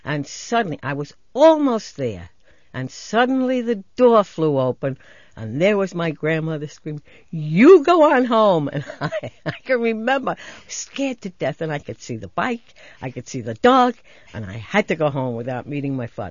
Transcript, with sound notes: And suddenly, I was almost there, and suddenly the door flew open, and there was my grandmother screaming, "You go on home!" ( she laughs ) And I can remember I was scared to death, and I could see the bike, I could see the dog, and I had to go home without meeting my father.